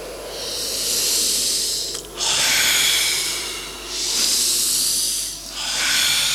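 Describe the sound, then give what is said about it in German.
Heavy, loud breathing of someone out of breath at the top of an observation tower, with harsh, hissing breaths in long surges of about two seconds each, separated by brief gasping pauses. No talking. “Ich krieg keine Luft mehr.”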